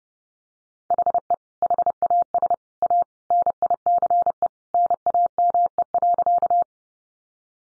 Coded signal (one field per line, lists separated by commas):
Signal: Morse code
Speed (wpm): 30 wpm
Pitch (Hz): 700 Hz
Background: none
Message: HE HAS A NICE NAME.